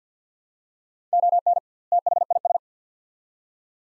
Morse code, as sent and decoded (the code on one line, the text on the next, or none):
--- -. / - .... .. ...
ON THIS